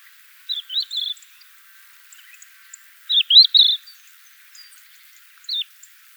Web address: galerida cristata call